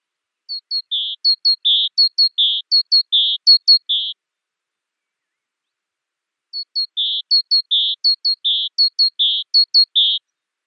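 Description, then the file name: Great tit calls: repeated phrases of two thin, high, downslurred notes followed by a lower buzzy churr, in two bouts separated by about two seconds of silence. "Parus major"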